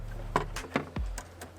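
The original headlight bulb adapter is pushed onto the bottom of a new xenon headlight bulb for a C6 Vette and snaps into place with a sharp, loud click at 0.4 s. A series of lighter taps follows at about 0.6, 0.8, 1.0, 1.2 and 1.4 s, and the adapter is seated.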